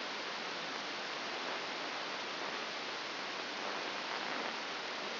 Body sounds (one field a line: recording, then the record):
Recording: brain microelectrode recording played as sound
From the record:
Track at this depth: outside the subthalamic nucleus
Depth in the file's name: 6.501 mm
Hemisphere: left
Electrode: 2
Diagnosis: Parkinson's disease